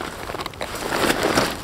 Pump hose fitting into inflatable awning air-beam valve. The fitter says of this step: the valve here with the pump thingy and it locks into place